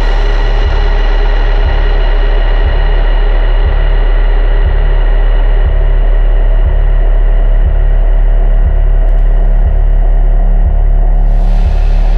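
Steady layered synth pads hum with a low throb pulsing about once per second, and a bright hiss swells in near the end.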